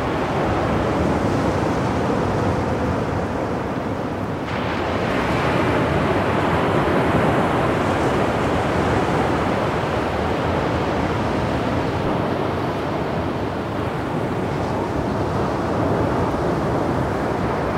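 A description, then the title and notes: Ocean waves roll in a steady, dense wash of low rumbling surf, swelling slightly around five seconds and again near twelve. Deep Sleep Music - Ocean Waves.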